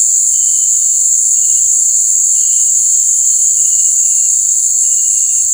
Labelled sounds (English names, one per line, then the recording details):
none
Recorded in dense forest near Puerto Asís, Putumayo, Colombia, on 19 March 2025 at 18:00
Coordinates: 0.485, -76.318
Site G056